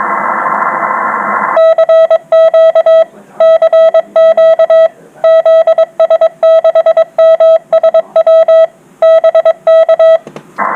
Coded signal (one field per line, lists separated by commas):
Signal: Morse code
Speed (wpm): 22 wpm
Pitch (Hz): 650 Hz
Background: none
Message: CQ CQ ZS6MSW BK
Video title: CW Morse Code Group Chats, Sunday 25th July 2021